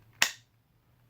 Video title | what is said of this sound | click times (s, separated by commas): Ontario RAT-5 and Fenix PD35 TAC Sheaths | Got a really nice click. | 0.2 s